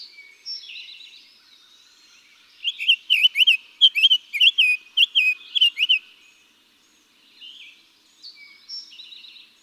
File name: Summer Tanager